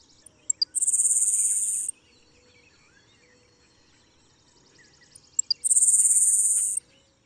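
Grasshopper sparrow song repeated twice, about five seconds apart, each a few sharp ticks followed by a high, thin, even buzz of about one second.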